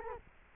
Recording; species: mosquito wingbeat signal from an infrared sensor; Culex quinquefasciatus